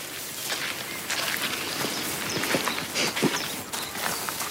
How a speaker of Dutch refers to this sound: Laten we heel rustig zo over het pad zo wat verder lopen. Richting de plek waar we het horen.